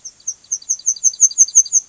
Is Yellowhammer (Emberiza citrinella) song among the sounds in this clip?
yes